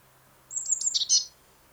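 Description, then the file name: Eurasian blue tit call: one brief phrase of thin high notes ending in a buzzy, scratchy burst, over a faint low hum. "Cyanistes caeruleus"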